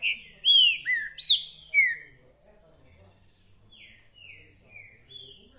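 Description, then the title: Green-winged saltator song: a rapid series of loud, rich whistled phrases that rise and fall, followed by quieter whistled phrases. Repeater ('repetidor') song, one song after another, of the 'mercenário' type; played to stimulate a kept bird to call, sing and 'machear' in dispute. "Esse É PERFEITO Para ESQUENTAR Seu TRINCA Piando, Cantando E Macheando Na DISPUTA. TRINCA FERRO REPETIDOR !! UM CANTO ATRÁS DO OUTRO!!! TRINCA FERRO MERCENARIO!"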